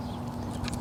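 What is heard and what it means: With the quick-connect collar pulled back on the spray wand of a Ryobi 2,000 PSI 1.2 GPM electric pressure washer, a small orange plastic and metal spray nozzle is pushed into the coupling over a steady low hum. Two short, sharp clicks at 0.7 s and 0.7 s mark the nozzle snapping in and seating.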